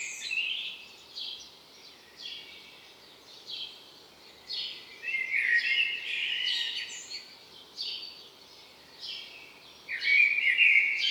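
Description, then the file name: Common blackbird song: fluty phrases broken by bursts of high chattering twitters, steady soft noise underneath. "Turdus merula"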